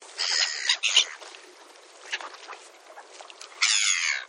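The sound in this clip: Black-headed gull uttering harsh, grating calls at the start and again near the end, with softer rustling noise in between.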